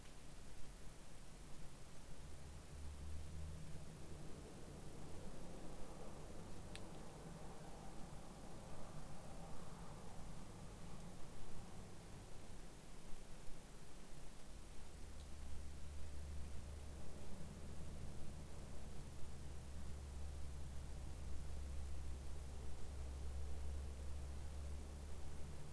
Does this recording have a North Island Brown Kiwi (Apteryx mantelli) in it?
no